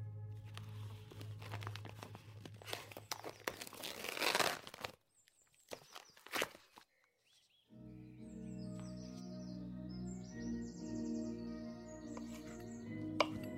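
Kitchen clatter and scraping fill the first five seconds, a brief near-silence follows, then old music with high chirping tones plays steadily.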